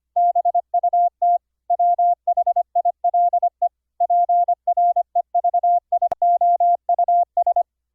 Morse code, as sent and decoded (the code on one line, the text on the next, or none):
-... ..- - / .-- .... .. .-.. . / .--. .-. . ...- .. --- ..- ...
BUT WHILE PREVIOUS